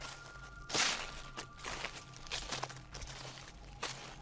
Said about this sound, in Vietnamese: Thế nhưng khi hai vợ chồng vừa nhắm mắt lại, thì ở bên ngoài lại có tiếng bước chân nhẹ nhẹ dẫm lên đám lá khô.